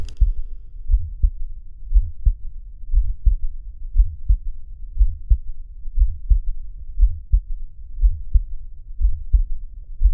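Heart heard by stethoscope over the tricuspid point in a young adult: Still's murmur, an innocent murmur common in healthy people, with a third heart sound also heard; rate about 59 beats per minute.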